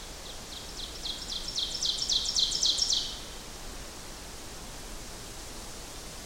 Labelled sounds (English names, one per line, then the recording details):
Ovenbird song
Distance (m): 25 m
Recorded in boreal forest in Alberta, Canada, on 14 June 2016 at 08:16
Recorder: SongMeter 3, array SBT-3-33
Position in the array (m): 108 m, 136 m
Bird 21